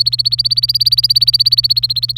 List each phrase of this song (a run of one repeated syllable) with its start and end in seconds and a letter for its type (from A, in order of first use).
0.00-2.17 A